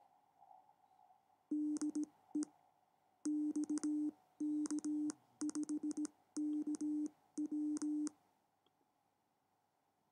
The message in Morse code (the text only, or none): DE XK5KW